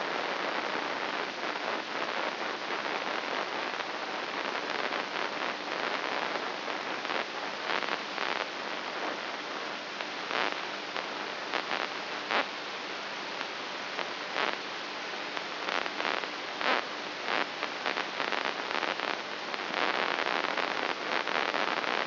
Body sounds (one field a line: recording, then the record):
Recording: brain microelectrode recording played as sound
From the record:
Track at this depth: inside the subthalamic nucleus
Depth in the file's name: 3.818 mm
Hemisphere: left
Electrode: 3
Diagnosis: Parkinson's disease